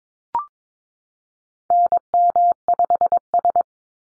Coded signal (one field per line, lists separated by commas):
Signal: Morse code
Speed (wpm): 22 wpm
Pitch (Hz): 700 Hz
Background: none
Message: NM5S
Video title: NA SOTA Activator Callsigns 22wpm